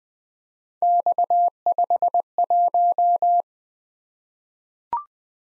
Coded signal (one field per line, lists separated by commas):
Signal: Morse code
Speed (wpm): 20 wpm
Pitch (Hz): 700 Hz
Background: none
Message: X51